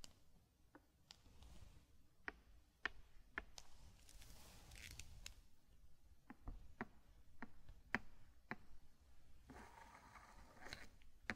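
Zen garden sounds: sharp, bright taps land at irregular intervals, roughly one or two per second, over a low rumbling undertone. Softer gritty brushing and crinkling swells in between, most noticeably around the fourth to fifth second and again near the end.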